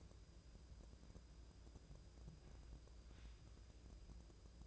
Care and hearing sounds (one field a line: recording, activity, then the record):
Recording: daily activity, microphone in the room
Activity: wipe stove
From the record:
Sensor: 2